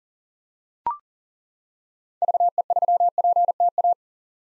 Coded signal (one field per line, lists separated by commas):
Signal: Morse code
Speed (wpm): 40 wpm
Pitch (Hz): 700 Hz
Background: none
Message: VE3PTA